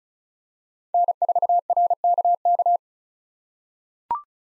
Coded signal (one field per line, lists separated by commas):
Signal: Morse code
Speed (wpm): 34 wpm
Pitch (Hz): 700 Hz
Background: none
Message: N4RKK